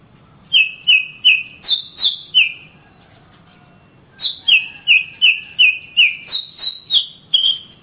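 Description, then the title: Oriental magpie-robin singing a phrase of six downslurred whistles, pausing about a second and a half, then a longer run of some ten similar notes. Singing birds of the Kalimantan and Sumatra types, described as champion (juara), master birds in active, energetic song (gacor). "Kicau Kacer Juara Master Kalimantan Sumatra Gacor"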